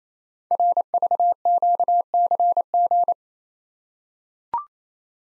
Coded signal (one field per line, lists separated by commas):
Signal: Morse code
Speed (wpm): 27 wpm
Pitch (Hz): 700 Hz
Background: none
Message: RVQCG